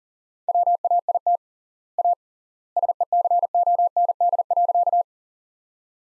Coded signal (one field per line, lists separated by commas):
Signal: Morse code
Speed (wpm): 40 wpm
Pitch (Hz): 700 Hz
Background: none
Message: WAIT A SECOND.